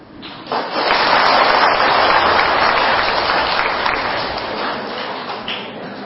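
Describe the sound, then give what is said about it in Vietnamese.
A crowd claps steadily for a Buddhist monk during his sermon for about six seconds, a dense wash of many hands that swells quickly at the start, holds strong, then eases slightly toward the end. “À, như này mới nhớ vụ vỗ tay.”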